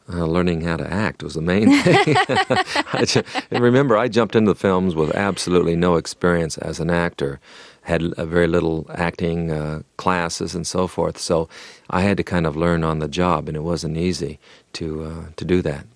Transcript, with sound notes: learning how to act was the main thing.
(LAUGHTER)
I - and remember, I jumped into the films with absolutely no experience as an actor, had very little acting classes and so forth. So I had to kind of learn on the job, and it wasn't easy to do that.